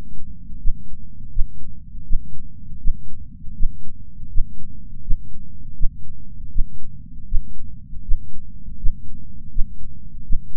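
Heartbeat: steady low-pitched thumping at about 80 beats per minute.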